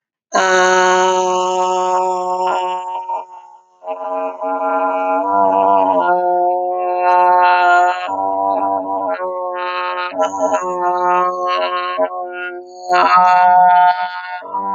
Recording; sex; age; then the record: vowel held as long as possible; female; 20 to 29 years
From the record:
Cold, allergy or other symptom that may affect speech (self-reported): no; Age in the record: 27 years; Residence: Colorado, United States